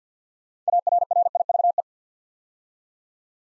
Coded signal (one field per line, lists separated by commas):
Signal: Morse code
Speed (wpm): 47 wpm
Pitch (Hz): 700 Hz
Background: none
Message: ARRIVE